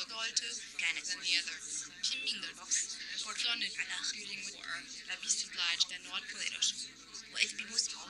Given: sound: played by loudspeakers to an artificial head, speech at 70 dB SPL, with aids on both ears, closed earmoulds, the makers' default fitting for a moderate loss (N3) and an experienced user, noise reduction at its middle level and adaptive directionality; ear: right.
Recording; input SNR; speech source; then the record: speech test signal (ISTS) in cocktail-party noise; -3 dB; on the right (90 degrees)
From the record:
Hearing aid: class 1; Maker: J